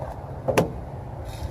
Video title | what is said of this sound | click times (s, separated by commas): FULL 2017 Chevy Silverado Review! Amazing truck! PART 1 | that's it barely hear it you just hear the latches kick in and that's all | 0.6 s